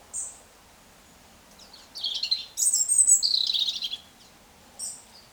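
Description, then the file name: European robin song: a thin, very high note, then a rich tumbling phrase of varied twittering and falling warbles for two seconds, ending with another thin high note. "Erithacus rubecula"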